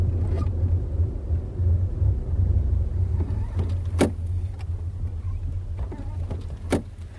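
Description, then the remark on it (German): A car engine drones low and steady, laboring uphill toward a mountain ridge under load with a heavy rumbling hum, broken by a few sharp clicks and knocks. “Hör doch nur, wie er sich quält. Er gibt sein Bestes, aber er wird es nicht schaffen.”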